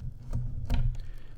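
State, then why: Seated. A laptop is pushed into the support grips of a folding Roost laptop stand, with a soft tap at 0.3 s before a sharp click at 0.7 s. A couple of faint ticks follow around 1.0 s, and the laptop is seated, locked into the grips.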